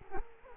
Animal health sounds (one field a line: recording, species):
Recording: mosquito wingbeat signal from an infrared sensor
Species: Culex quinquefasciatus